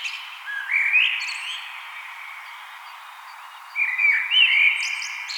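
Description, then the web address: Common blackbird with two unhurried warbled phrases, rising and falling flute-like notes, separated by a quiet gap and ending in faint high squeaks. "vogelstimmen amsel gesang nabu lars lachmann"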